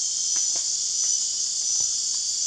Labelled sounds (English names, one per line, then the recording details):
none
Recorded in dense forest near Puerto Asís, Putumayo, Colombia, on 24 March 2025 at 23:30
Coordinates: 0.499, -76.324
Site GP03